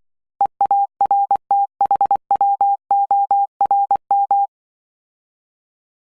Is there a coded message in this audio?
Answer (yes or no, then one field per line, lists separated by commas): yes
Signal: Morse code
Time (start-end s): 0.4-4.5 s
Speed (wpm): 24 wpm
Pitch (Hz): 800 Hz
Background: none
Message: EARTHWORM